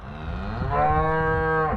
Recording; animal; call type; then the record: contact call of a hoofed animal; cattle; low-frequency (closed-mouth) or high-frequency (open-mouth) call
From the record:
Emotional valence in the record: negative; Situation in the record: full separation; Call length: 1.77 s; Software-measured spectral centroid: 1010 Hz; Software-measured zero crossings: 1360 a second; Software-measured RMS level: -23 dBFS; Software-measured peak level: -10 dBFS